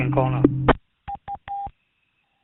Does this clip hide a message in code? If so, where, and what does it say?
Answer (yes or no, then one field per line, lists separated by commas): no